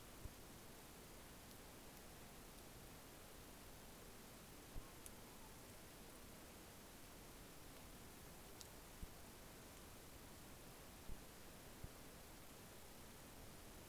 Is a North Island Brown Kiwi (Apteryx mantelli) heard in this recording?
no